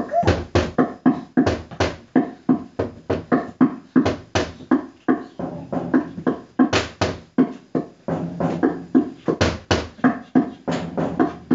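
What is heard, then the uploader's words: Rapid tapping on doors and ovens, sharp knocks repeating about two to four times per second throughout, with a faint hum beneath. Tapping on doors and ovens.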